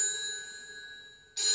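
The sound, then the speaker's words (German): A telephone's bright metallic bell rings with a steady, shimmering tone that slowly fades, then a fresh loud ring bursts in near the end. No one speaks. “Geh ans Telefon.”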